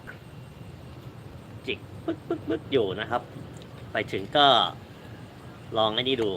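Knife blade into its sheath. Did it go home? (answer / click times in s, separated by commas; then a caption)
no / none. A knife is handled with its blade near its sheath, which it locks into, while a man talks in short bursts over a low, steady background hum. A faint tick is heard at about 0.1 s. Nothing has seated or clicked yet; the blade is not yet locked into the sheath.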